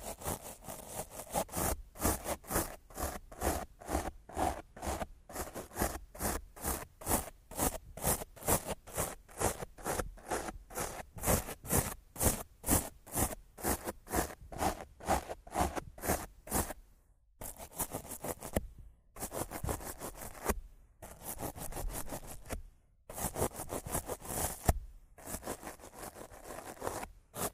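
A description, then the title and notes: Rough scratching and brushing strokes rasp against a microphone in a fast, regular back-and-forth rhythm, each stroke a dense, gritty scrape with some low thump. After about 17 seconds the strokes come in shorter bursts separated by brief silences, still quick and coarse. Rough Mic Scratching & Brushing (No Talking).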